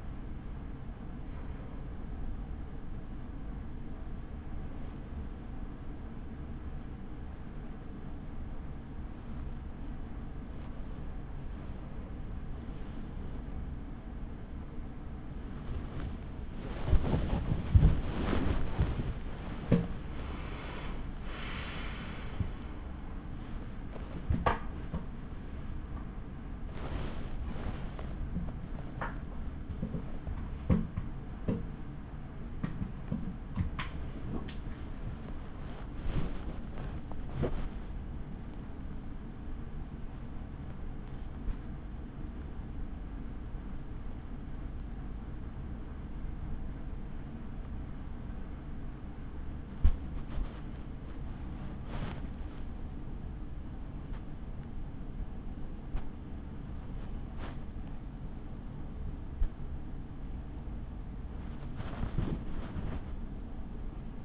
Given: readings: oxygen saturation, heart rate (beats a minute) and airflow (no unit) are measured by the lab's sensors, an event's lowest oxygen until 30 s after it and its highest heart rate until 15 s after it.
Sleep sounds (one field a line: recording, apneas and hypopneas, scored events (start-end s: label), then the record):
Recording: a person awake in a sleep study, by a smartphone at the bedside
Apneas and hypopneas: none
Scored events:
1.00-64.24 s: awake
From the record:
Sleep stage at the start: awake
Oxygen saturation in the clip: 95 to 98%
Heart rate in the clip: 33 to 81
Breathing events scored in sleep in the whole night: 83 in 6.1 hours asleep